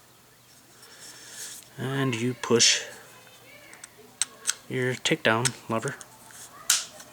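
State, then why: Seated. During reassembly of a Smith & Wesson M&P .22LR pistol, the metal takedown lever is pushed back into the frame while someone talks. A single sharp snap at 6.7 s marks the lever clicking back into place, seated.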